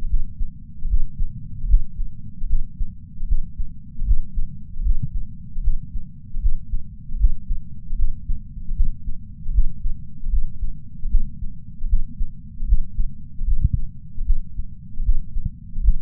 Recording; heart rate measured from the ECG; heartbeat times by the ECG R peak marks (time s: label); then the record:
heart sounds by patch sensor on the chest; 76 bpm
0.87 s: heartbeat
1.66 s: heartbeat
2.46 s: heartbeat
3.25 s: heartbeat
4.04 s: heartbeat
4.82 s: heartbeat
5.60 s: heartbeat
6.39 s: heartbeat
7.17 s: heartbeat
7.95 s: heartbeat
8.73 s: heartbeat
9.51 s: heartbeat
10.29 s: heartbeat
11.08 s: heartbeat
11.86 s: heartbeat
12.65 s: heartbeat
13.44 s: heartbeat
14.23 s: heartbeat
15.02 s: heartbeat
15.81 s: heartbeat
From the record:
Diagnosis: coronary artery disease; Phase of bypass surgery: postoperative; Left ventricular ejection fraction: 50.8%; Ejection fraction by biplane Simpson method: 51.6%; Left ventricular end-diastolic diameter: 50 mm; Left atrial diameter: 30 mm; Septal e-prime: 7.4 cm/s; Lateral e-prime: 7.6 cm/s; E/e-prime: 9.9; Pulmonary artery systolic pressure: 27 mmHg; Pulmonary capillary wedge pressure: 7 mmHg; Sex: male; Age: 66 years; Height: 176 cm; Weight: 74.5 kg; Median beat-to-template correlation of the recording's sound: 0.90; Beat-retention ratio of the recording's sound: 0.99